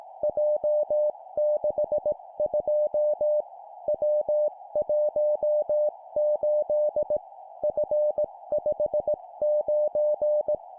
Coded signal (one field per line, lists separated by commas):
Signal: Morse code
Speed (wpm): 18 wpm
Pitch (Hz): 600 Hz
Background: music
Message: J62 W18 F59